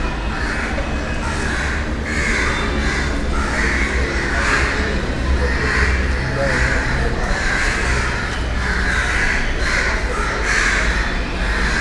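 A busy meat market fills the clip with a dense, steady murmur over a constant low rumble. Harsh, crow-like calls repeat about once a second throughout, loud above the background din.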